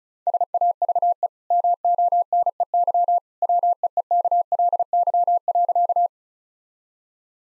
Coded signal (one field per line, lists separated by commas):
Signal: Morse code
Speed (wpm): 34 wpm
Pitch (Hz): 700 Hz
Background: none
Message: SAVE MONEY WEEKLY.